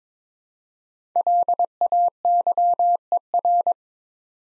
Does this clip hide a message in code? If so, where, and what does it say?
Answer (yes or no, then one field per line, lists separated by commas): yes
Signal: Morse code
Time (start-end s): 1.2-3.7 s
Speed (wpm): 22 wpm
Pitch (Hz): 700 Hz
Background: none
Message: LAYER